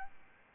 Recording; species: mosquito wingbeat signal from an infrared sensor; Aedes albopictus